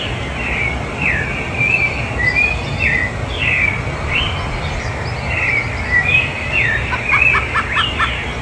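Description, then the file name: Clay-colored thrush delivering a run of warbled, slurred mid-pitched phrases almost without pause, ending in a quick series of short stacked notes, over light background hiss. "clayrobn"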